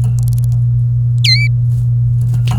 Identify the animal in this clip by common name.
Domestic Canary